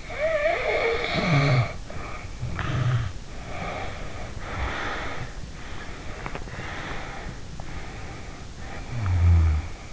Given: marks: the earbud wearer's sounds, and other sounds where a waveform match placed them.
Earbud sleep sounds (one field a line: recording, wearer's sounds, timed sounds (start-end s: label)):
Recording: sounds in sleep by an in-ear microphone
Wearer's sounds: snoring breath, breath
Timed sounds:
0.00-3.18 s: snoring breath
3.38-5.42 s: breath
5.58-7.47 s: breath
7.60-9.74 s: snoring breath